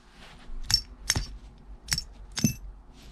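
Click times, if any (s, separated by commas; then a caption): none. A metal firing pin retaining pin is inserted into an AR-15 bolt carrier, part of the bolt carrier group, while the firing pin is extended. Metal parts rattle and clink sharply at about 0.7, 1.1, 1.9, 2.0 and 2.4 seconds. Because the firing pin is extended, the retaining pin does not catch, and nothing has seated or clicked into place yet.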